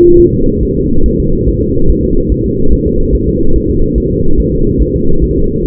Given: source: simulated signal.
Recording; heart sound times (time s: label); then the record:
fetal heart sounds
0.20 s: S1
0.34 s: S2
0.63 s: S1
0.77 s: S2
1.06 s: S1
1.20 s: S2
1.49 s: S1
1.62 s: S2
1.91 s: S1
2.04 s: S2
2.32 s: S1
2.46 s: S2
2.73 s: S1
2.87 s: S2
3.15 s: S1
3.29 s: S2
3.56 s: S1
3.70 s: S2
3.98 s: S1
4.12 s: S2
4.40 s: S1
4.54 s: S2
4.82 s: S1
4.96 s: S2
5.24 s: S1
5.38 s: S2
5.66 s: S1
From the record:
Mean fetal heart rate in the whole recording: 140 bpm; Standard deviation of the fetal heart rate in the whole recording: 2 bpm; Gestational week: 34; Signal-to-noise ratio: -19.1 dB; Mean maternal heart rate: 72 bpm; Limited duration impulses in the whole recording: present